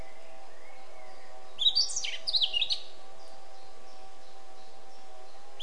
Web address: SETE data Sylvia atricapilla